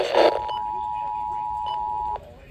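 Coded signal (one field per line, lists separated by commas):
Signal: Emergency Alert System (SAME) tones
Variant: 853 and 960 Hz attention tone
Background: speech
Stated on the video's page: Severe thunderstorm alerts received on two weather radio transmitters and FM radio.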